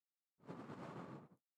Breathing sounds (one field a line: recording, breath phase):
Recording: one breath near a microphone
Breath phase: exhalation